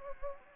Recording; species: mosquito wingbeat signal from an infrared sensor; Anopheles gambiae